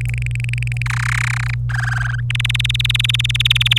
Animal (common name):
Domestic Canary